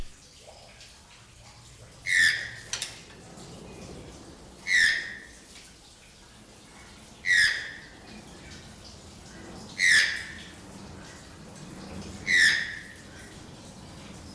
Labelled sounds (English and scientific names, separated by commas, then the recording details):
Channel-billed Toucan (Ramphastos vitellinus) call
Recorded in captivity
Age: adult
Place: Tierpark Carl Hagenbeck, Hamburg, DE
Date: 1998-10-31 13:30
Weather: 8°C, bedeckt z.T. Regen, Wind
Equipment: Sony MD-WM MZ-R3, Sennheiser MKH 416 T, Kopie Uher 4000 Report Monitor
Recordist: Tembrock, Günter